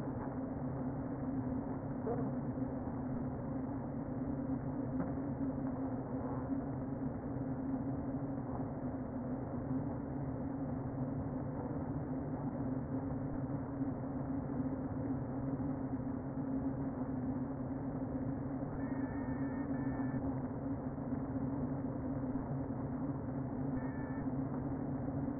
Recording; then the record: honeybee colony, microphone inside the hive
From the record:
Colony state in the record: queen present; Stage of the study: before two queens were removed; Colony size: about 60,000 bees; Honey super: yes